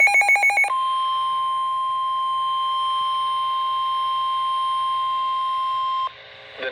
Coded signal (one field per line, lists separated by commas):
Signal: Emergency Alert System (SAME) tones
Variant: 1050 Hz attention tone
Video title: SVR EAS 193